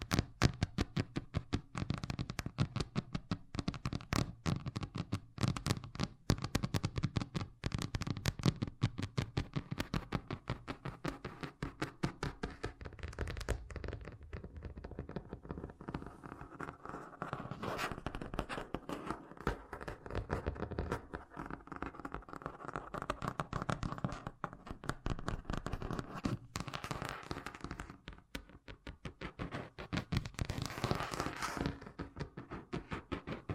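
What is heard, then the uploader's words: Fast tapping in dense, rapid bursts of sharp clicks, busiest in the first fifteen seconds, then thinning and irregular with brighter patches near the end. ASMR Braingasm Inducing Fast Tapping (No Talking).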